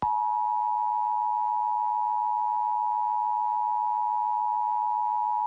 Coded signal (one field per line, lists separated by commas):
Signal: Emergency Alert System (SAME) tones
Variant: 853 and 960 Hz attention tone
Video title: Emergency Alert System National Alert Emergency (New York)